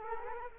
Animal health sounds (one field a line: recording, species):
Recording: mosquito wingbeat signal from an infrared sensor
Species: Culex quinquefasciatus